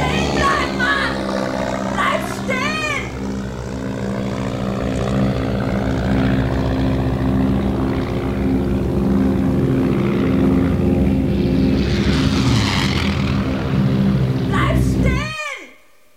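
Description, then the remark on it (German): A loud, droning propeller airplane roars steadily for about fifteen seconds, its engine hum layered with throbbing low tones and a rising whine, before cutting off abruptly near the end. “Ohrenbetäubendes Flugzeuggeräusch.”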